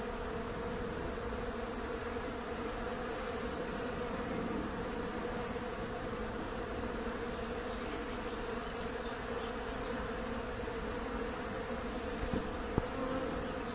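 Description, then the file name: Bee buzzing forms a continuous droning hum of many overlapping tones, constant in level, with a brief tap near the end. "BEES AND THE BIRDS"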